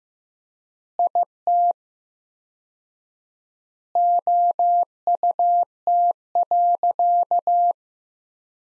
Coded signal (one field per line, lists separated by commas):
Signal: Morse code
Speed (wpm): 15 wpm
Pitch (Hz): 700 Hz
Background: none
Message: IT OUT.